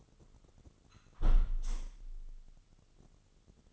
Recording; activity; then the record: daily activity, microphone in the room; close window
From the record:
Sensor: 4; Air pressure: 996.5 hPa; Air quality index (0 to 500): 87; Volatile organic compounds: 4 ppm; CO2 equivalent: 1674 ppm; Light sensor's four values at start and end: 20/53/20/22 and 20/53/21/22